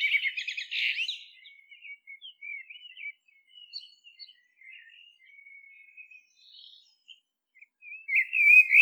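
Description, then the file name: Common blackbird song: a brief burst of warbling at the start, then scattered faint twittering notes and a final clear whistled phrase. "Turdus merula"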